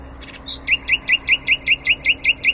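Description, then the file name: Common nightingale song: a short whistle, then a fast, regular run of bright, sharp notes sustained to the end. "Luscinia megarhynchos"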